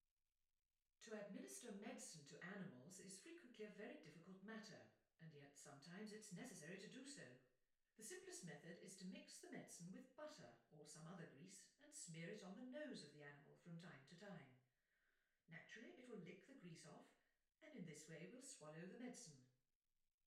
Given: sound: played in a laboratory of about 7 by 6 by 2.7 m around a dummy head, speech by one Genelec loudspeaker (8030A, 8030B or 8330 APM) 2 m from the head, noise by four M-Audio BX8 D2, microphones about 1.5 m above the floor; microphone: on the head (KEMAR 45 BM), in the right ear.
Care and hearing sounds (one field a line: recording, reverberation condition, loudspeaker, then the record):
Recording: female speech in English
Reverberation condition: medium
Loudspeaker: 150 degrees to the left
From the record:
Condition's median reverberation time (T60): about 510 ms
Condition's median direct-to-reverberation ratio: about -0.5 dB